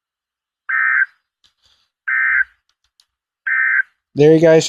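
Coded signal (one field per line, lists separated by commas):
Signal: Emergency Alert System (SAME) tones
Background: speech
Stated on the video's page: Severe thunderstorm watch alert with EOM tones; stream affected by net issues.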